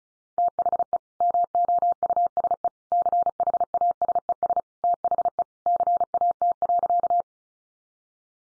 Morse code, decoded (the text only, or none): THE MOUSE CHASES THE CAT.